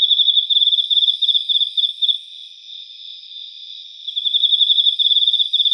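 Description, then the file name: Emma field cricket song: loud pulsed trills in bursts of about two seconds, separated by a softer steady chirring. "Teleogryllus emma"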